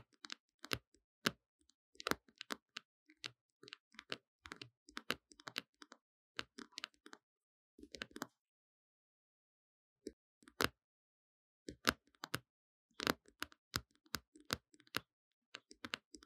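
Tapping in sharp, dry clicks, scattered irregularly and often bunched in quick bursts of two or three, with near silence between. The taps thin out around eight to twelve seconds, leaving a long quiet gap, then resume in denser clusters toward the end.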